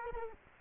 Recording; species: mosquito wingbeat signal from an infrared sensor; Culex quinquefasciatus